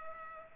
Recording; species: mosquito wingbeat signal from an infrared sensor; Culex pipiens